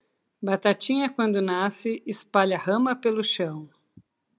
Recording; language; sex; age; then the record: short text; Brazilian Portuguese; female; 50 to 59 years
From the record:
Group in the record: control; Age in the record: 52 years